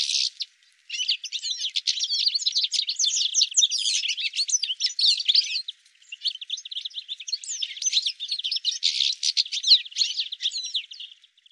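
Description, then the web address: Bird calling, a dense stream of high chirps and twitters, with short pauses near the start and midway. "cianscape birddata"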